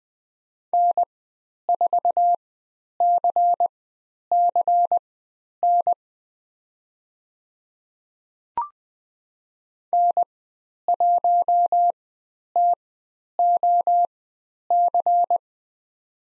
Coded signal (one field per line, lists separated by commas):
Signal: Morse code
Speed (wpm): 20 wpm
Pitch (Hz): 700 Hz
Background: none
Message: N4CCN N1TOC